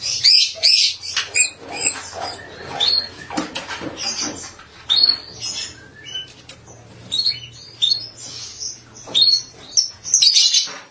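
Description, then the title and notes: Starling giving a busy stream of squeaky whistles and scratchy chatter, with loud bursts every second or two. "suara burung jalak"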